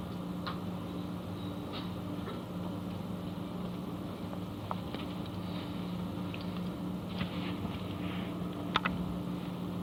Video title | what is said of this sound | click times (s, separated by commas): Basic Videogame Troubleshooting | push in on the chips and sometimes you'll hear them going crack crack as they snap in place | 4.7 s, 8.8 s